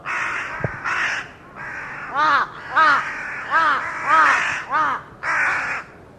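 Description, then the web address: Bird calling in a rapid series of harsh caws, some flat and buzzy, others with arched, nasal notes, about nine calls in six seconds. "Deverinetal 2025 File origin Bird Only"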